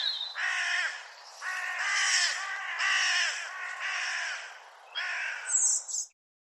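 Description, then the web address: Bird cawing in long, harsh, drawn-out calls, about five in a row, with a brief higher squeak near the end. "cianscape birddata Deverinetal"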